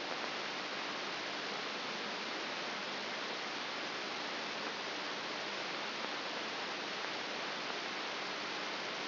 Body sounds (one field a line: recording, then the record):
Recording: brain microelectrode recording played as sound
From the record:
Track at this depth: inside the subthalamic nucleus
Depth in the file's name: 3.702 mm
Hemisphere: left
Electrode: 3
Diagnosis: Parkinson's disease